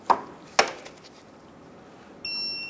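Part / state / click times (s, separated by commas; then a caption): torque wrench on sway bar bushing bracket bolts / torque reached / 0.1 s, 0.6 s. A torque wrench set to 33 ft-lbs tightens the sway bar bushing bracket bolts on the steel subframe of a 2003-2007 Honda Accord. Two sharp, short clicks at 0.1 and 0.6 seconds show the wrench reaching its setting. At 2.2 seconds a steady high-pitched tone starts and lasts to the end.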